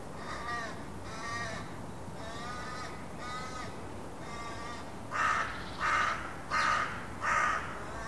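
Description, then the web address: Bird calls: a regular series of harsh, grating caws, about one a second, the last four louder, over constant background noise. "Deverinetal 2025 File origin Bird Only"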